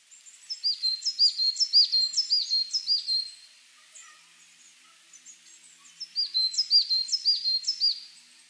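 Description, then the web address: Coal tit song: thin, high two-note phrases repeated quickly in a bouncing series, then a pause with a few faint notes, then another series. Recorded on 29 March 1998. "1998 980329 higara"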